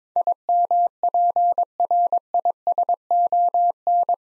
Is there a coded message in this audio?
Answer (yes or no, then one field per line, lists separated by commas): yes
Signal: Morse code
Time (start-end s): 0.2-4.1 s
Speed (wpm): 22 wpm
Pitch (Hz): 700 Hz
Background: none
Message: IMPRISON